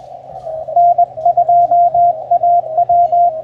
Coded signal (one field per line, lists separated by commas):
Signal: Morse code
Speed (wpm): 21 wpm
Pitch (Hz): 660 Hz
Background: radio noise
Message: N2AW